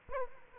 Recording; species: mosquito wingbeat signal from an infrared sensor; Aedes aegypti